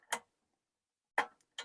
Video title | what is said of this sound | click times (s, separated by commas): Stop Carrying Extra Propane Tanks in Your RV for Your BBQ, Grill, & Fire Pit - Operation Test at End | Connects like that. Locks in place. | 1.2 s